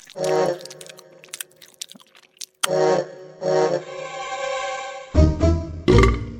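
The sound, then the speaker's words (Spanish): Exaggerated cartoon-style chewing and gulping as an ogre swallows his seven sleeping daughters one by one: a series of loud, resonant bursts with short pauses between them, ending in two harsher, crunchier bites. No one speaks. “De esta manera, se comió a sus siete hijas, que, como estaban dormidas, ni siquiera se enteraron.”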